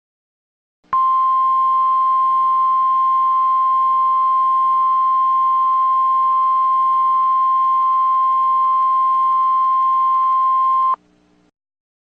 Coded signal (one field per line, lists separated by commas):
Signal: Emergency Alert System (SAME) tones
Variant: 1050 Hz attention tone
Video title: *VALID TONES* EAS Shelter in Place Warning Mitchell, NC